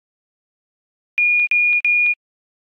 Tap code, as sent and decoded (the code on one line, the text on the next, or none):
none